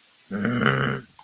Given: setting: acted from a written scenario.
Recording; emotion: vocal sound without words; anger